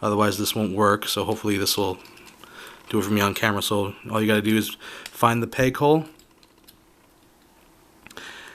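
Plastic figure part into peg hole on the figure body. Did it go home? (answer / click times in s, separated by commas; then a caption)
yes / 8.1 s, 8.2 s. During transformation of a plastic Transformers MP-24 Masterpiece Star Saber robot figure, a plastic part is pushed into the peg hole on the figure body while someone talks for the first six seconds. After a quiet stretch with faint ticks, sharp clicks come at 8.1, 8.1 and 8.2 seconds. The part is seated and clicked into place, though it feels a little loose.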